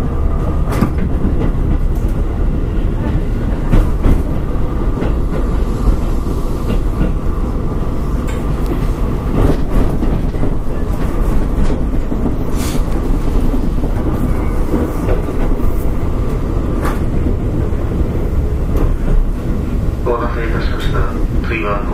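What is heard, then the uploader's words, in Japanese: Running noise recorded aboard a Keihan Electric Railway 5000 series train on a semi express: a dense, steady low rumble with a constant hum. Sharp clicks and clacks from the rails punctuate it irregularly, and a brief rising whine appears near the end. 京阪5000系 準急 京橋から枚方市まで。京阪電気鉄道5000系電車の走行音です。京阪本線の準急列車で録音しました。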